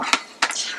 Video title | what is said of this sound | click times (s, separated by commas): Kaptin Kaos' Laboratory: Mr Christmas Double Ferris Wheel | there we go i'm sure you heard the click that was me pushing the bushing on | 0.4 s